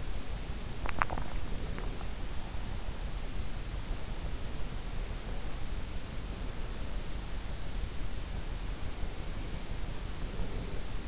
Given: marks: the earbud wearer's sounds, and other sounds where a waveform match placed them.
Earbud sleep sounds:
sounds in sleep by an in-ear microphone; teeth grinding, breath
0.00-1.97 s: teeth grinding
9.83-11.08 s: breath

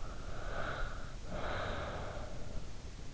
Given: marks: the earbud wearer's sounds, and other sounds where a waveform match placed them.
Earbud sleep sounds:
sounds in sleep by an in-ear microphone; breath
0.20-2.84 s: breath

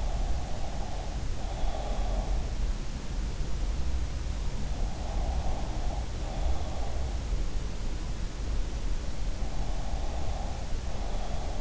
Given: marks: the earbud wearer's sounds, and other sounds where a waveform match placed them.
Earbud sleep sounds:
sounds in sleep by an in-ear microphone; breath
0.00-2.46 s: breath
4.98-7.31 s: breath
9.57-11.61 s: breath

